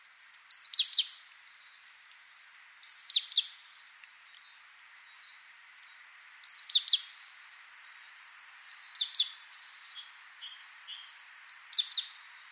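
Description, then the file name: Great tit calling: a high whistled note followed by buzzy descending notes, repeated every few seconds, five phrases in all, with faint softer notes between. "Parus major"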